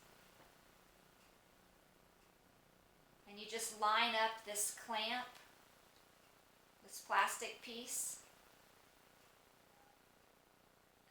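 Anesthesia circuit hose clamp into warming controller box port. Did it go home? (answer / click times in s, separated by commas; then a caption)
no / none. Someone talks while lining up the hose clamp of a Breathe Warm Anesthesia System (J1532) anesthesia circuit with the plastic piece on the warming controller box port, before sliding them together. The speech comes in two bursts, around 3.3–5.3 s and 6.9–8.4 s, over a quiet, steady background. Nothing has seated or clicked yet.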